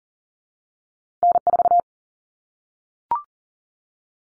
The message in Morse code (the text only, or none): N4